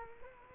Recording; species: mosquito wingbeat signal from an infrared sensor; Culex quinquefasciatus